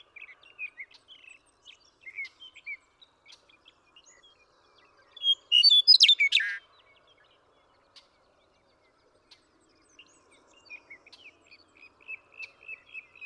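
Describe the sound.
Western meadowlark song: a single loud phrase of descending whistles and liquid warbling midway, with faint chirping before and after.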